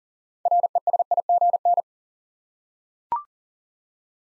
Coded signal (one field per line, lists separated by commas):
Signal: Morse code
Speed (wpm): 42 wpm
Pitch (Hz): 700 Hz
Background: none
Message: RESIGN